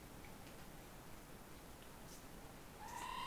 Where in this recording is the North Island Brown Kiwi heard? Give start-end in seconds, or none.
none